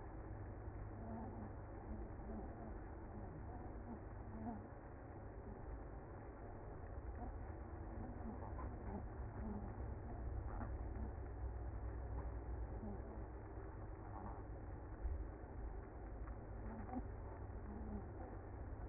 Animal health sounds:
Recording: honeybee colony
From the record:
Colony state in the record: active

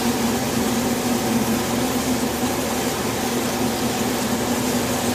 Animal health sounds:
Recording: honeybee colony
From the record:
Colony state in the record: swarm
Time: day

